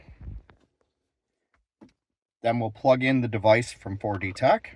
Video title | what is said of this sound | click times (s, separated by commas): Lexus TX DISABLE Auto Start/Stop Feature - Turn ON and OFF permanently! [2024-2026] | To unplug this connector, we just push the release in the middle of the connector there and unplug it. | 0.5 s